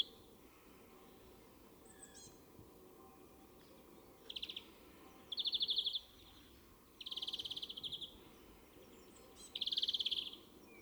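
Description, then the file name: European greenfinch giving rapid buzzy trills, starting short and faint, then longer bursts repeated every couple of seconds, with faint chirps in between. "Chloris chloris"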